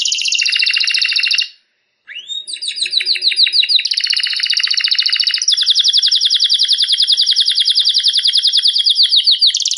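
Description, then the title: Canary song: dense buzzy trill, a short pause, a rising whistle, then long rapid rolls of repeated notes at steady high pitch. Competition canary with national champion song, used for training songbirds. "Masteran Kenari Lomba Juara Nasional"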